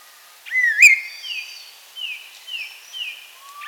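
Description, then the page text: Chestnut-crowned laughingthrush calling, a bright swooping whistle that rises sharply, followed by four short downslurred whistles. "Chestnut-Crowned Laughingthrush Call. Quick Sounds"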